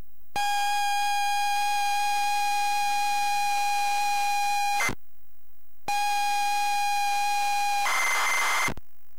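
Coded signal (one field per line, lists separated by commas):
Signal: ZX Spectrum tape loading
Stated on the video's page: Rick Dangerous loaded on a ZX Spectrum +3 from a WH Smith CPD8300 cassette player.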